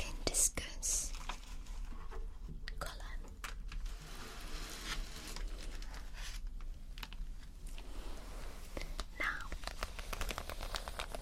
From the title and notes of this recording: ASMR Artist Sketches You - Personal Attention, Pencil sounds.